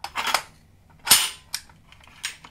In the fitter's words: locks into place